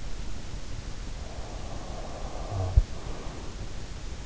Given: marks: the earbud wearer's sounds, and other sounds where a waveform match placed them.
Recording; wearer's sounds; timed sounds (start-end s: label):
sounds in sleep by an in-ear microphone; snoring breath
0.51-3.66 s: snoring breath